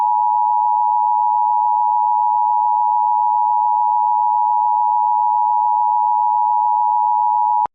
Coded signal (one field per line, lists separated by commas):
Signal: Emergency Alert System (SAME) tones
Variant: 853 and 960 Hz attention tone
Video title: EAS - Local Area Emergency